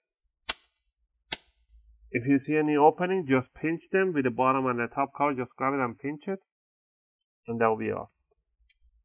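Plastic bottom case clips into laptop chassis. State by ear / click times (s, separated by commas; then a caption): seated / 0.5 s, 1.3 s. Pressing around the edges of a plastic bottom cover on a Lenovo IdeaPad 330 17IKB laptop, being refitted after a RAM upgrade, snaps its retaining clips into the chassis. Two sharp clicks ring out at 0.5 s and 1.3 s, then someone talks. The bottom case is seated.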